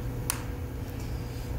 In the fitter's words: and then lock the side one down